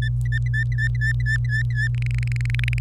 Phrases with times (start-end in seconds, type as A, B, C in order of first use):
0.02-1.88 A, 1.94-2.79 B